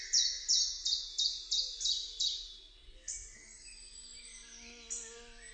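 Bird calls, a run of seven sharp high chirps repeated about every third of a second, then softer scattered high notes and a faint lower twittering.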